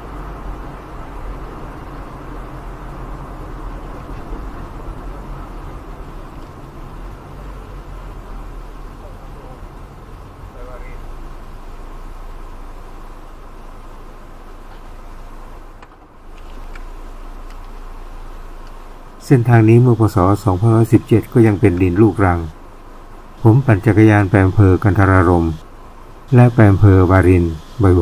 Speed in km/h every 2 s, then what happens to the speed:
67, 69, 70, 72, 72, 73, 69, 68, 64, 63, 62, 67, 67, 67.
0-10 speeds up to 73. 10-20 slows to 62.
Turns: none.